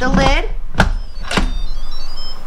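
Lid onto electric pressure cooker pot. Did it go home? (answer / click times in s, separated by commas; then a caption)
yes / 0.8 s. Someone talks as a lid is set on an electric pressure cooker pot and twisted closed. It locks with a sharp click at 0.8 s, followed by a softer knock around 1.3 s.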